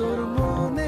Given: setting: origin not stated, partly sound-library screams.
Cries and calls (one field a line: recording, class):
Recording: one-second piece from a danger detection set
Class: normal situation